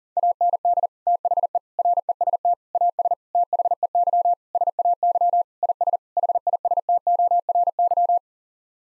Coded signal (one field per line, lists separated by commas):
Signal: Morse code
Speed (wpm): 37 wpm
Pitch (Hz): 700 Hz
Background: none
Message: AND THE REST AS THEY SAY IS HISTORY